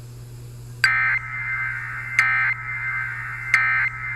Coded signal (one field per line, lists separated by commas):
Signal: Emergency Alert System (SAME) tones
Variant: end-of-message bursts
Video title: Eas Oun svr on KGAF-AM Eas#1790